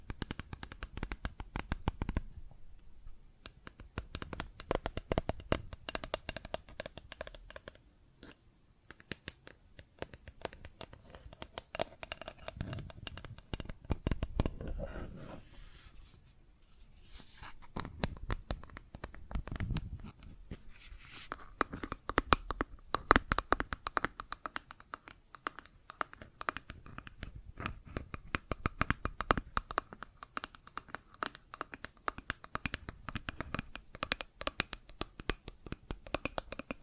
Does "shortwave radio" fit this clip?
no